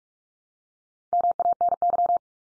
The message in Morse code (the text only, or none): MANY